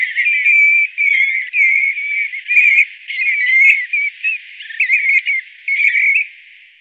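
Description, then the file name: European golden plover giving a near-continuous run of warbling, wavering whistles that rise and fall in pitch, with brief pauses between phrases. "Ljungpipare"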